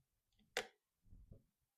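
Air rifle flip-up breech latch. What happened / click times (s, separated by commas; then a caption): The small lever latch clicks open and releases / 0.6 s. A small lever is worked to unlatch and flip up the breech of a Webley Eclipse MK2 Carbine underlever air rifle, without cocking it. One sharp click sounds at 0.6 s, followed by a few softer, low handling sounds. The breech latch releases and the breech flips up, exposing the loading bay.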